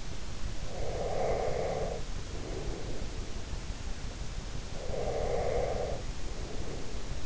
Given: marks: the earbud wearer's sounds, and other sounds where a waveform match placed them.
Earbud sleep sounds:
sounds in sleep by an in-ear microphone; breath
0.66-3.09 s: breath
4.58-7.26 s: breath

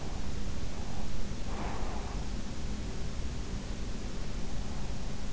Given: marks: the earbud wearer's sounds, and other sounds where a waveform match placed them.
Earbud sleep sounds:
sounds in sleep by an in-ear microphone; breath
1.39-3.32 s: breath

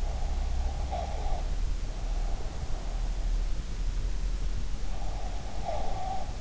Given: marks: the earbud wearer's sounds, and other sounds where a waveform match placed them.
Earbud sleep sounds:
sounds in sleep by an in-ear microphone; breath
0.12-1.53 s: breath
4.97-6.41 s: breath

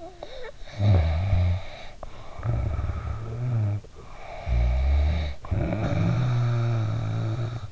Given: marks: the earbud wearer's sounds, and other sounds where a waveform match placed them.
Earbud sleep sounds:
sounds in sleep by an in-ear microphone; snoring breath
0.05-3.88 s: snoring breath
4.01-7.72 s: snoring breath

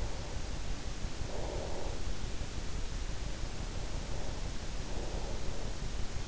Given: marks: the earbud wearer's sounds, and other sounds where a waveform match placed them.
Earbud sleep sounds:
sounds in sleep by an in-ear microphone; breath
0.13-2.59 s: breath
3.95-5.79 s: breath

